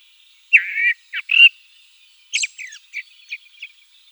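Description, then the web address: Black-throated thrush song: a loud whistled warbling phrase, a few short notes, then a softer run of high twittering notes, with a faint steady high tone behind. "soud Drozd chernozobyj"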